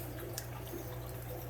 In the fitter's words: Now it's locked